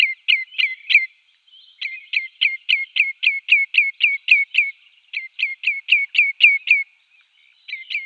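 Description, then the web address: Common redshank display call given in quick bursts of ringing, downslurred notes, broken by short pauses between runs. "Schulze Peter Common Redshank display"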